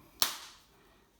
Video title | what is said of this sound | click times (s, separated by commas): BMW Mini Cooper Key Fob Battery Replacement | Make sure it's all lined up and it clicks in place, and there you go. | 0.2 s